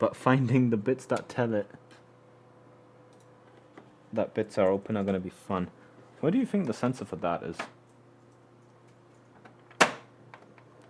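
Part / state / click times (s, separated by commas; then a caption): plastic cover or part latching into the printer body / seated / 9.8 s. While taking apart an old printer to find the sensor that detects open covers, someone talks, then closes a plastic cover or part on the printer body. It latches with one sharp, loud snap at 9.8 s, and the cover clicks into place.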